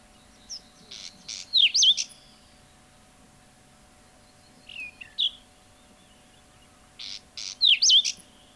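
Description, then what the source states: Whinchat song: two phrases of buzzy notes ending in a sharp upslurred whistle, with a shorter, quieter phrase between them. Finnish field recording cassette of cultural birds, released 1987.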